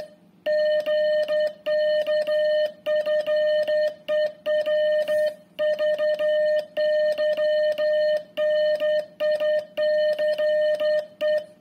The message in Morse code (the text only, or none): GK FER VY NICE